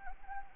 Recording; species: mosquito wingbeat signal from an infrared sensor; Anopheles gambiae